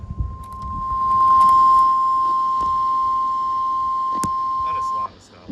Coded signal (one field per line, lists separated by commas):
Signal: Emergency Alert System (SAME) tones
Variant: 1050 Hz attention tone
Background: speech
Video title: EAS Alerts from July 9th, 2025 [EAS #2,291-2,324]